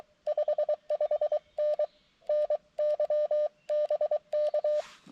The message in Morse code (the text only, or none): 55N NY BK